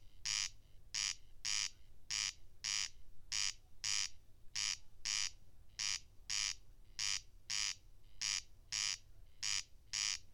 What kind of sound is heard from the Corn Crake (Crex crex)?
song